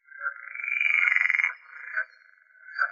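Pool frog call: a pulsed, rattling croak that swells and lasts about a second and a half, followed by two short croaks.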